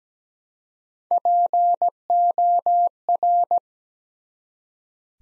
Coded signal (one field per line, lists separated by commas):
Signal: Morse code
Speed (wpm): 17 wpm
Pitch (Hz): 700 Hz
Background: none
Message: POR